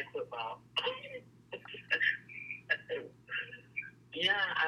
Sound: laughter